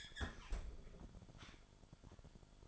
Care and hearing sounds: daily activity, microphone in the room; close fridge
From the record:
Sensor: 5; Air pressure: 1007.9 hPa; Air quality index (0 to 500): 93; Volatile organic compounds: 1 ppm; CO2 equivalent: 733 ppm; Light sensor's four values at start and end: 46/105/45/47 and 45/103/43/46

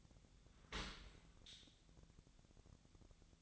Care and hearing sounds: daily activity, microphone in the room; open dishwasher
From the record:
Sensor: 3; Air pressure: 1006.7 hPa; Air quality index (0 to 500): 208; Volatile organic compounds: 19 ppm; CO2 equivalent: 2657 ppm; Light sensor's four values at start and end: 10/25/10/10 and 10/25/10/10

